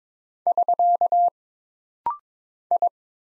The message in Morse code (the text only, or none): <SK> I